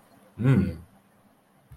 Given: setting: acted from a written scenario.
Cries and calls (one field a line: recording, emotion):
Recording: vocal sound without words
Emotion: desire